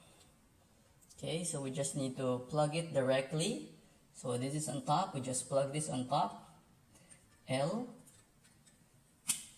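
Someone talks while pushing a wire into the L terminal of a wall socket that is being converted to a 3-prong type for a TP-Link Powerline installation. A short, sharp click sounds at 9.3 s as the wire seats, held firmly by teeth inside the terminal.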